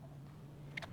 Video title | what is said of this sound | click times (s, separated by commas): Trailer Maintenance - Rotate - Lube and Load the Race Car! | I'm going to stick it on right there and I'm going to go make sure it's going the right way I'm going to go until it clicks | 0.8 s